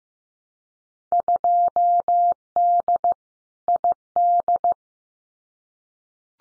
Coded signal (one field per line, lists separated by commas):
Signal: Morse code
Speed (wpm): 15 wpm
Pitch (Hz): 700 Hz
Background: none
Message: 2D ID